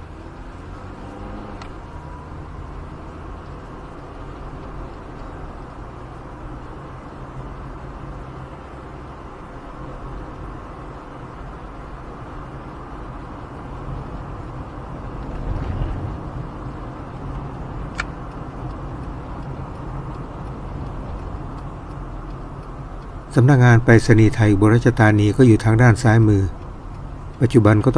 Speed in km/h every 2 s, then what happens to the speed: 31, 38, 40, 41, 43, 43, 43, 43, 43, 43, 41, 38, 35, 27.
0-3 speeds up to 40. 3-18 steady at about 43. 18-28 slows to 27.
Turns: none.